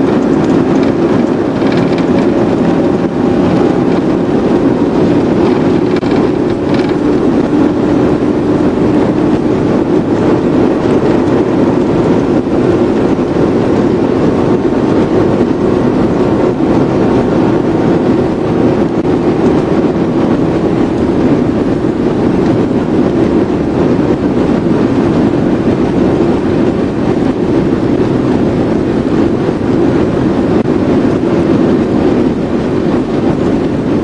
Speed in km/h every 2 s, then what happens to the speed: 163, 167, 172, 175, 180, 182, 185, 188, 192, 193, 193, 193, 193, 195, 195, 196, 196.
0-16 speeds up to 192. 16-34 steady at about 193.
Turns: none.